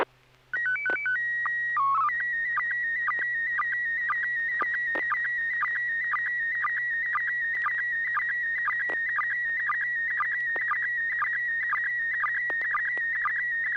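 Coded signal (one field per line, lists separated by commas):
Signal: SSTV (slow-scan television)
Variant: PD 120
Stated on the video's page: SSTV images exchanged on a weekly amateur net via an FM repeater on 441.30 MHz in Sacramento, sent with MMSSTV software.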